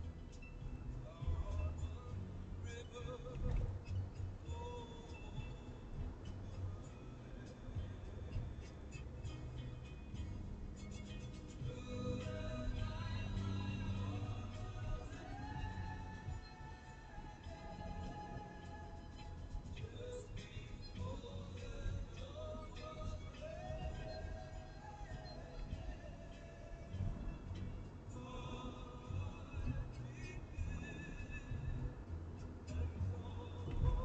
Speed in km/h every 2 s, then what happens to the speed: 65, 68, 71, 73, 73, 70, 67, 64, 61, 60, 60, 63, 66, 69, 69, 69, 69.
0-8 speeds up to 73. 8-15 slows to 61. 15-20 steady at about 60. 20-26 speeds up to 69. 26-34 steady at about 69.